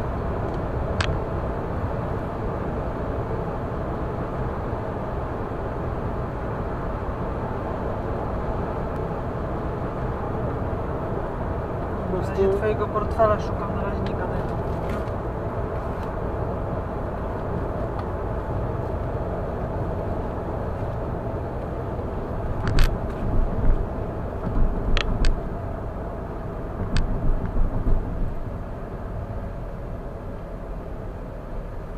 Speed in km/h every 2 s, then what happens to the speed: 110, 110, 110, 111, 111, 109, 104, 100, 95, 94, 89, 81, 74, 68, 62, 57.
0-9 steady at about 110. 9-32 slows to 57.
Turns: none.